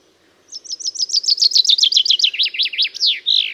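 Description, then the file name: Common chaffinch song: a fast run of sharp repeated notes descending gradually, finishing with a slurred terminal flourish. "Fringilla coelebs"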